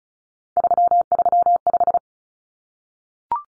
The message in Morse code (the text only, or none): 335